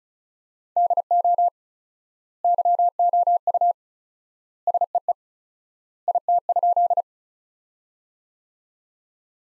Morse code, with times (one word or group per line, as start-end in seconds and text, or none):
0.8-1.5 DO
2.4-3.7 YOU
4.7-5.1 SEE
6.1-7.0 IT?